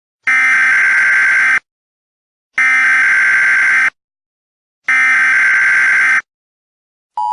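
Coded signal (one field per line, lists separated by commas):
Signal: Emergency Alert System (SAME) tones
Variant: header bursts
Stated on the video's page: Mock EAS scenario.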